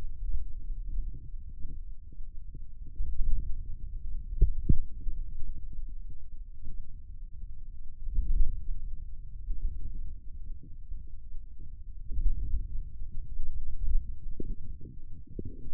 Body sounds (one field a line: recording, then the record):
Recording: forearm muscle sounds (acoustic myography)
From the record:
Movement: hand closing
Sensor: system 2, bracelet of six BSWA MPA416 microphones around the upper forearm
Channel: 3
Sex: male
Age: 22 years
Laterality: right